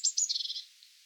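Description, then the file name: Eurasian blue tit call, two thin high notes quickly followed by a buzzy, stuttering churr that fades out within about half a second. "Cyanistes caeruleus"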